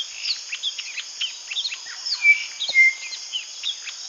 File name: Golosa ptic - Belobokij batis Batis molitor